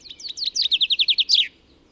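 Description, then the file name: Common chaffinch song: quick chirping notes running into a rhythmic trill of several even syllables, closing with a sharp downward flourish. "Fringilla coelebs"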